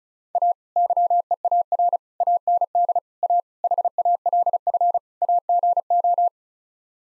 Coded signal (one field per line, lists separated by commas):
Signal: Morse code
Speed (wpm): 34 wpm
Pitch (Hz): 700 Hz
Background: none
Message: A YEAR AND A HALF AGO